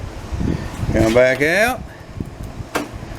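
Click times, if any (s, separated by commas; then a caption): 2.8 s. Someone talks over a low background hum while a key is turned back in the door lock cylinder of a '75 C3 Corvette's passenger door. At 2.8 s a short, sharp click sounds as the lock and latch release, and the door is unlocked.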